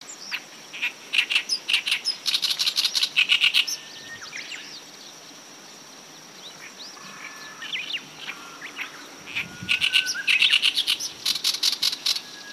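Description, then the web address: Oriental reed warbler song: harsh, rapid repeated chattering phrases in two bursts separated by a quieter pause, over a steady high insect hum. "izumino saunndo ooyosikiri"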